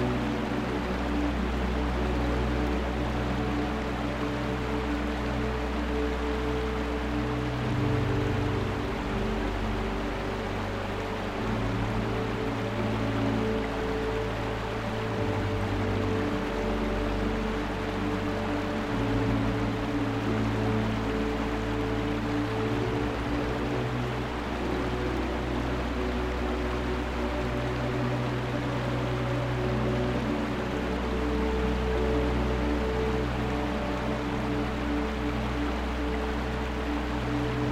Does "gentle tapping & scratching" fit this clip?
no